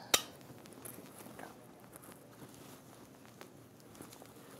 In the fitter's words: it's going to come around it's like a coret and snap right in place